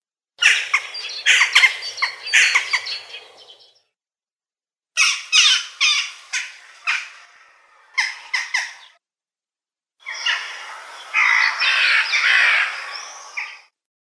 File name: Galka